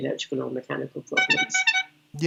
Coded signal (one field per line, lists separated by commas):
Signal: none